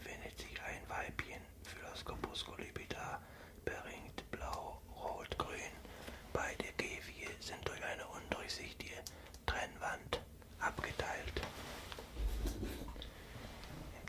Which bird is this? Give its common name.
Common Chiffchaff